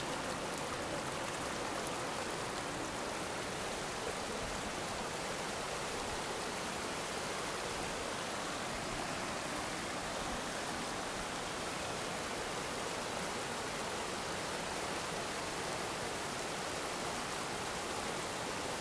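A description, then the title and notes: Rushing river water in the rain fills the clip with a dense, unbroken hiss from low rumble up to a bright, airy top. The sound holds steady throughout, enveloping, with no separate splashes or other sounds standing out. Eaton Canyon rain water river.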